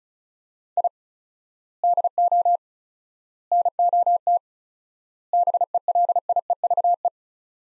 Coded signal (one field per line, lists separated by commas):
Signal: Morse code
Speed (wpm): 36 wpm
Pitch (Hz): 700 Hz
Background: none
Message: I DO NOT BELIEVE